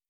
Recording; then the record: hydrophone in a shrimp aquaculture tank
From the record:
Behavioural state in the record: starved